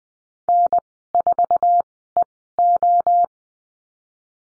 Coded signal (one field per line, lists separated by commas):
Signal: Morse code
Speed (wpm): 20 wpm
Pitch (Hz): 700 Hz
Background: none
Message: N4EO